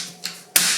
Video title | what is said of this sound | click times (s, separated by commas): MSI MPG Gungnir 300R Airflow - Back to the past | and all the modular panels fit together really well and when you take them apart and put them back in place they all have a satisfying click | 0.6 s